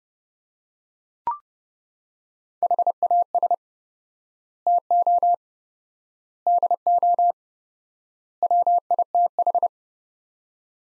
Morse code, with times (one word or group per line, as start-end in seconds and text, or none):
2.6-3.5 HAS
4.7-5.3 TO
6.5-7.3 DO
8.4-9.7 WITH